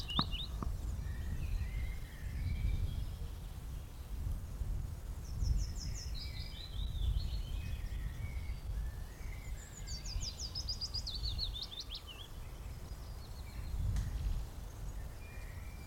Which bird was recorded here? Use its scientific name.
Phylloscopus trochilus